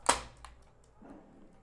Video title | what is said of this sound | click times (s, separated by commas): Single Din Car Stereo for Your Car under 2000 with Anti-Theft Detachable Panel - DULCET DC D9000X | ये click की आवाज़ आई और ये attach हो गया | 0.1 s